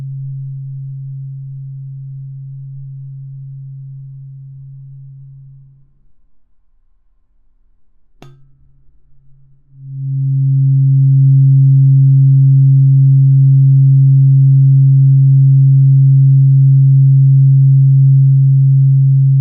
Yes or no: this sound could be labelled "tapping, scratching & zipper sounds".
no